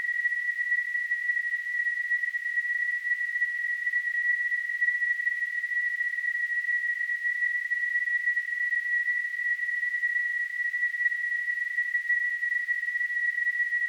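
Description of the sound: Simulated tinnitus: a steady, continuous high-pitched tone near 2 kHz with a faint band of hiss above it, unchanging throughout.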